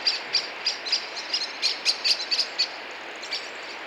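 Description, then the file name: Common blackbird calls: a burst of quick, sharp metallic clicks that thins out after about three seconds, with steady hiss underneath. "Turdus merula"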